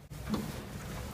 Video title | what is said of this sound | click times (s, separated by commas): Batteriskifte LPE | løfter låget Den klikker fast selv, så den ikke falder ned | 0.3 s